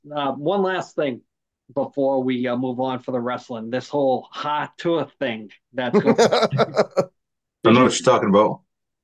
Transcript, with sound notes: One last thing before we move on for the wrestling, this whole hot tour thing that-- (laughing)
I don't know what you're talking about.